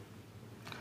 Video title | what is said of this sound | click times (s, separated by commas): Micrometer को आसानी से कैसे पढ़ें/समझें? How to read /Understand Micrometre easily ? | Lock हो गया है तो इसका रीडिंग लेने का तरीका ये होता | 0.7 s